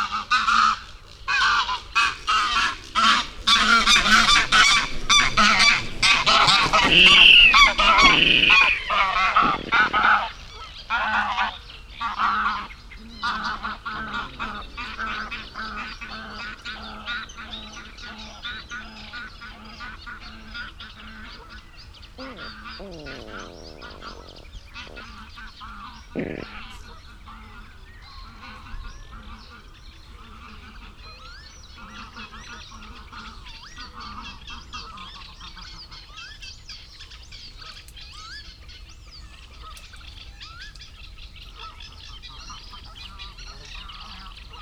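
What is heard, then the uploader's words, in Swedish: Greylag geese fly over honking and cackling wildly, loud and crowded for the first ten seconds, then fading out by about fifteen. Afterward, sedge warbler and reed bunting keep up steady, busy chattering song to the end, with a short sharper call near 26 seconds. Dalbyvikens ljudlandskap i maj. Sävsångare och sävsparv sjunger envist, några skäggmesar flyger förbi, en vattenrall grymtar missnöjt när några grågäss flyger över under vilt kacklande. Ljuden är inspelade med Telingas SSM-mikrofon och en Olympus LS-14 samt PRO-8 MK2 parabolmikrofon och en Zoom H4.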